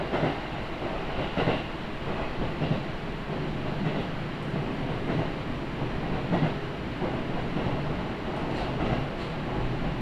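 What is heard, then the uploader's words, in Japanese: A train rolls along a rail line, heard from inside the carriage as a dense, steady rumble with low droning underneath. Faint clicks and brief bright rattles recur every second or so, and the loudness stays even throughout. 御殿場線 山北→御殿場。やってくるのは2両とか3両の短い編成です。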